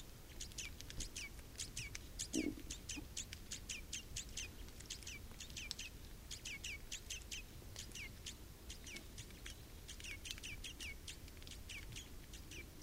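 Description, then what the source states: Red crossbill calls, a busy stream of short sharp chips and downslurred notes in bursts with brief pauses, low rumble beneath. Recorded 27 October 2014 in the Rusel area.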